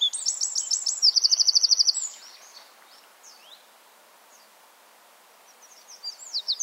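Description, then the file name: Eurasian wren song ends in a fast, high, rattling trill, followed by a few faint notes and a quiet pause before louder notes resume. "Troglodytes troglodytes"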